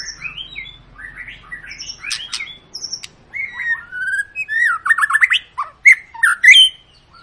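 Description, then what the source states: White-rumped shama song of varied whistled phrases, slurred and rising notes, then a quick chattering sequence with sharp high accents. Long, lively (gacor) lure song of a white-rumped shama, used to prompt other birds to sing.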